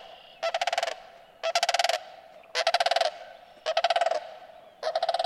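Sandhill crane calls: five loud, rapidly pulsed rolling rattles, each about half a second long, spaced roughly a second apart.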